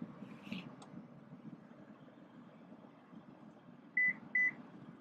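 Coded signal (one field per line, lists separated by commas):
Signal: beep code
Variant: Lexus power third-row seat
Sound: low cabin rumble, then two short mid-pitched beeps in quick succession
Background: vehicle interior hum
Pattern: 2 short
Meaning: The power seat operation is complete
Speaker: when you hear the two beeps the operation is complete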